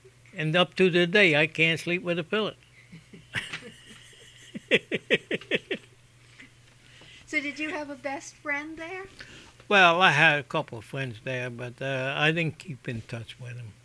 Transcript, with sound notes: And up to today I can't sleep with a pillow. ( they laugh )
So did you have a best friend there?
Well, I had a couple of friends there, but I didn't keep in touch with them.